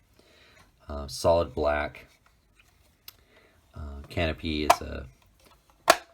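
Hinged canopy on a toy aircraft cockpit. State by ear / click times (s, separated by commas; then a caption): seated / 5.9 s. A hinged plastic canopy on the nose of a toy aircraft figure's cockpit is closed while someone talks. It clicks into place with a sharp snap at 5.9 s, and the canopy is seated shut.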